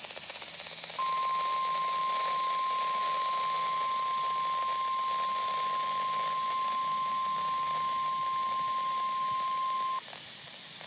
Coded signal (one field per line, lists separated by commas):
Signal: Emergency Alert System (SAME) tones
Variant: 1050 Hz attention tone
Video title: WXL94 Required Weekly Test #1 (EAS #352)